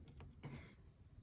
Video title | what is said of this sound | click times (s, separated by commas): Braided Wig for Juno Doll | And you'll actually hear a little click. | 0.2 s